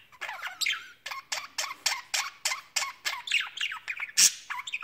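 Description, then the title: Budgerigar chattering in a fast run of short, squawky warbled notes, high and scratchy throughout. "Budgie Sounds"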